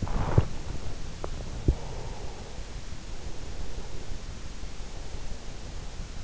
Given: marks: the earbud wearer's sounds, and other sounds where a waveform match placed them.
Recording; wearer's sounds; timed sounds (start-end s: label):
sounds in sleep by an in-ear microphone; body movement, breath
0.00-0.81 s: body movement
0.21-2.73 s: breath
3.03-6.14 s: breath